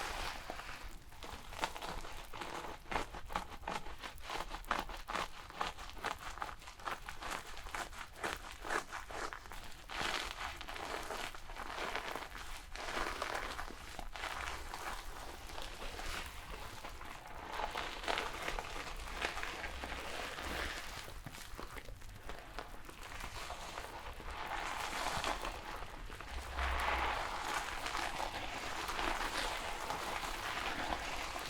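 Hair is washed with shampoo and brushed in a dense, steady wash of soft crackling and rustling strokes. Quick vertical bursts repeat irregularly throughout, heaviest in the first twelve seconds, with a brief louder low thump near twenty-seven seconds.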